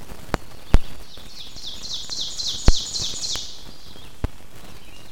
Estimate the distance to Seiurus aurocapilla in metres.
about 20 m